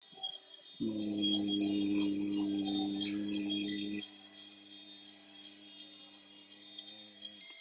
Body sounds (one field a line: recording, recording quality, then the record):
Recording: sustained vowel as in made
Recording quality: moderate, slight background noise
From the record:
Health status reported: healthy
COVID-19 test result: not tested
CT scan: not taken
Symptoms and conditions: none ticked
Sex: male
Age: 25 years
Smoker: no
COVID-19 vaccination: both doses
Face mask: worn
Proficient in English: yes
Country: India